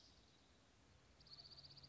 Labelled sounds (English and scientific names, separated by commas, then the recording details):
Dark-eyed Junco (Junco hyemalis)
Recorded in Sonoma County, California